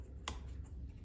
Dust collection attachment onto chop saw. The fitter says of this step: locks in. So now it's got this attachment so I could hook this up to the vacuum.